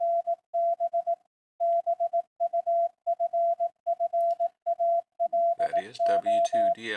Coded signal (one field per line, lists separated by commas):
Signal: Morse code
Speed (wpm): 18 wpm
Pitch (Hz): 680 Hz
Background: speech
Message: NB BUFFALO